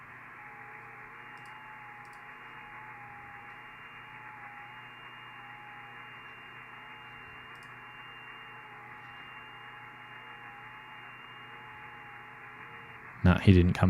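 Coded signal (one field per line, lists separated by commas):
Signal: FT8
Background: speech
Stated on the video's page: Live FT8 on the 6 m (50 MHz) band during an opening to Japan.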